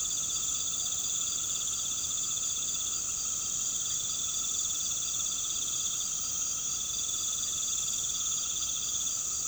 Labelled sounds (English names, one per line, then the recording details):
none
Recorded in pastures near Puerto Asís, Putumayo, Colombia, on 9 March 2025 at 19:00
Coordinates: 0.486, -76.323
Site G075